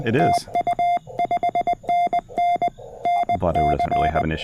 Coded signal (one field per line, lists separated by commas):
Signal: Morse code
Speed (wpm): 20 wpm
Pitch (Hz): 700 Hz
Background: speech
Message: TU5NN NC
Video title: Labor Day Morning POTA with N3CZ: QRP with the CFT1 at Lake James State Park!